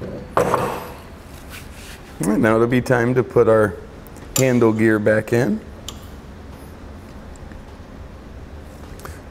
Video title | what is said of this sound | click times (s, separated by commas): etrailer - Checking Out the Replacement Miter Gear Kit for Dutton-Lainson Trailer Jacks | our jack or towards the wheel on our jack should just pop into place for us right | 0.4 s